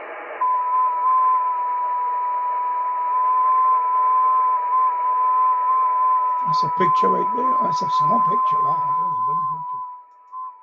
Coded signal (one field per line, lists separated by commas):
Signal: FT8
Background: speech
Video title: Danny Shortwave And Radio DX Live Stream 6/1/2025 Happy Yellow Radio Day & 6 Meter band FT8 contacts